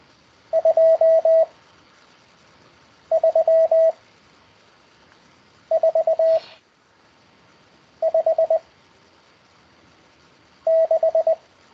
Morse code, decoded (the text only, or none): 2 3 4 5 6